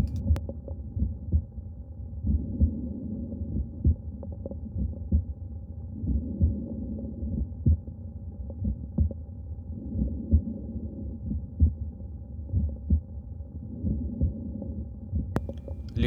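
Heart by stethoscope in an adult of about 50, heard at Botkin's point: aortic ejection sound (bicuspid aortic valve).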